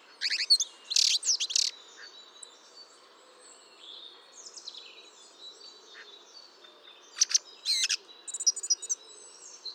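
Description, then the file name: Eurasian blackbird song: bursts of high, squeaky chirps and quick twittering notes, two loud groups at the start and end, separated by quieter scattered notes. "Turdus merula"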